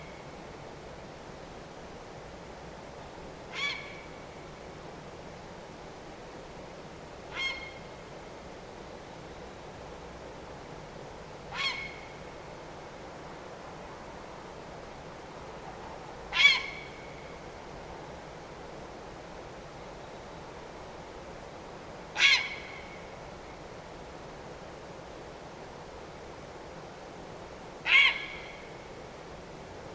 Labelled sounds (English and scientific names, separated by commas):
Grey Heron (Ardea cinerea), unidentified sound